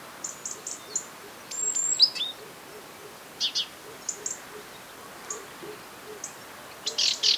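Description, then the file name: Great tit calls: thin high whistles and sharp chirps, several short buzzy bursts and a louder churring call near the end, with a faint low note series beneath. "Parus major"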